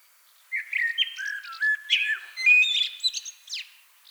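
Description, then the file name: Common blackbird in full song, a continuous run of rich fluted, warbling notes sliding up and down, ending in a high squeaky flourish. "Turdus merula"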